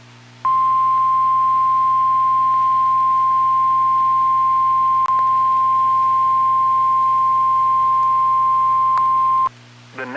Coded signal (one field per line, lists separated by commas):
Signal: Emergency Alert System (SAME) tones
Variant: 1050 Hz attention tone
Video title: North Central Texas Severe T Storm Outbreak (EAS 1494-1515)